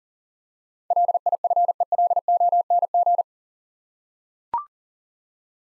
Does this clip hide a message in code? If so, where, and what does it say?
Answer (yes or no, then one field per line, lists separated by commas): yes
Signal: Morse code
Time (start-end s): 0.9-3.2 s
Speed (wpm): 40 wpm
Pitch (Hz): 700 Hz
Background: none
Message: LIFELONG